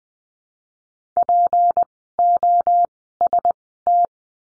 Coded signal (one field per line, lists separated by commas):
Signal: Morse code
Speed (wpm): 20 wpm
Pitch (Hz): 700 Hz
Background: none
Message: POST